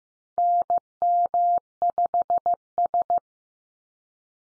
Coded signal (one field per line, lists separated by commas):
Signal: Morse code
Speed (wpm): 15 wpm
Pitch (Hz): 700 Hz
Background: none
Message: NM5S